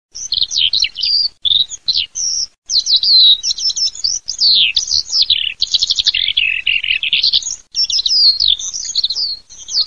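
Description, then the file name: Eurasian skylark song: a continuous, high, rapid warble of trills, buzzy rolls and sweeping whistles, barely pausing, loud and clear throughout. "ALLODOLAFABBRI"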